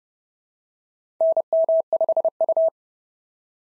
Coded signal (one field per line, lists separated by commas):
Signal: Morse code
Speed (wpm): 30 wpm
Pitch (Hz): 650 Hz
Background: none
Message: NM5U